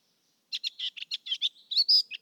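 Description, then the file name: Eurasian blackcap giving a quick burst of scratchy warbled notes that turns into brighter, clearer whistled syllables near the end. "Sylvia atricapilla"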